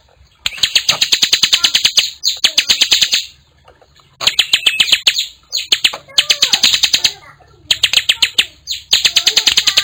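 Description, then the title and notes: Bar-winged prinia delivering long runs of rapid, sharp chipping notes in repeated bursts with short gaps between them. Collection of actively singing (gacor) birds, including young ones. "Kicau Ciblek. putri sherin. kumpulan suara burung ciblek gacor dan anakan"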